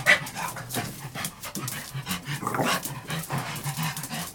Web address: King Charles Spaniel, interior, scampering on wooden floor & panting